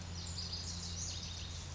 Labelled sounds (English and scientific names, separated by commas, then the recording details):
Lazuli Bunting (Passerina amoena)
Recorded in Sonoma County, California